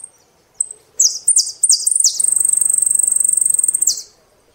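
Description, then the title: Saffron finch: a few high chips, then downslurred notes running into a long, very rapid even trill lasting nearly two seconds. "Jilguero Argentino"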